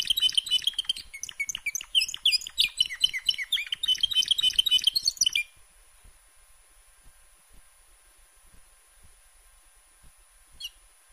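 Canary in dense, rapid twittering song for about five seconds, then near silence with one brief high note near the end.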